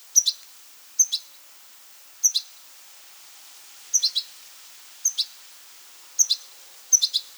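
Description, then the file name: Goldfinch giving bright, high tinkling call notes in pairs or triplets, spaced roughly one to two seconds apart over a quiet background. "Carduelis carduelis"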